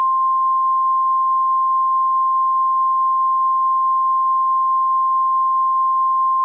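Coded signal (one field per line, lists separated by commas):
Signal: Emergency Alert System (SAME) tones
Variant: 1050 Hz attention tone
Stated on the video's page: Fictional volcanic disaster EAS scenario, not a real alert.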